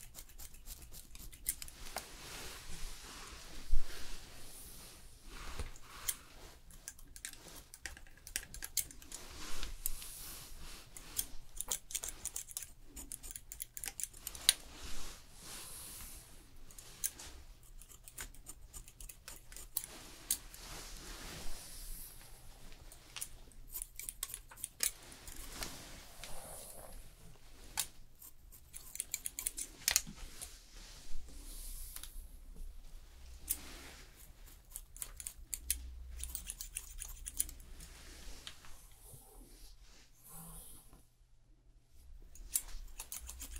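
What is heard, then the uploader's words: Quick scissor snips click and rustle through a haircut, in dense irregular bursts over a steady low hum. ASMR Professional Fast Haircut & Hair Styling No Talking.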